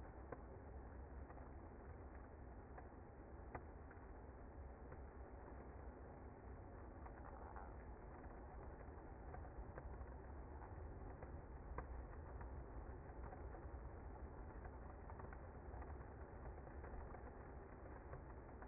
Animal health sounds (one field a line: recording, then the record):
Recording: honeybee colony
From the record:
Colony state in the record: active